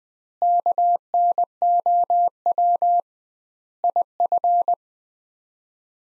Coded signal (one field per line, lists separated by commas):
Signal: Morse code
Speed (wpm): 21 wpm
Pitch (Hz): 700 Hz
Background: none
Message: KNOW IF